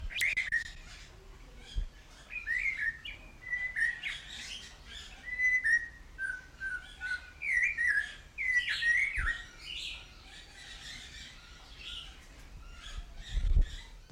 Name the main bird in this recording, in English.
Snowy-crowned Robin-Chat